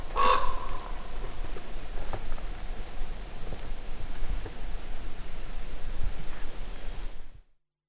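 Common raven giving one short, rough caw at the start, followed by several seconds of steady background rustle and hiss.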